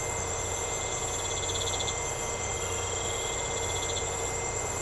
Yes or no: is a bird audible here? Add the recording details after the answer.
no. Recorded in secondary vegetation near Puerto Asís, Putumayo, Colombia, on 13 March 2025 at 02:30. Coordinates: 0.468, -76.324. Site G059